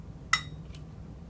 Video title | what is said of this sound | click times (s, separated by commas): TECH TIP - Changing Camera Light Housing | you go to tighten it up you'll hear a click and that | 0.3 s